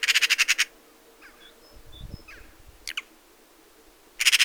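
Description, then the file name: Eurasian magpie giving harsh, rattling chatter calls: a fast burst of about nine rasping notes at the start and another short rattle at the end, with quiet soft calls between. "Pica pica"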